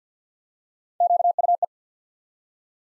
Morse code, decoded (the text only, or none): QUE